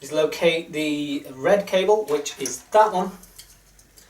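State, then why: Not seated. Someone talks while handling the red wire's crimped plastic connector, about to push it onto the top pin of the pedal potentiometer while rewiring a G27 sim-racing wheel pedal unit. Speech fills most of the clip, followed by a few faint, short ticks near the end. Nothing has seated or clicked yet.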